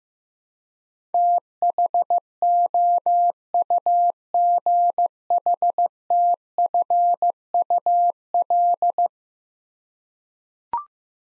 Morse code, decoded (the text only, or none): THOUGHTFUL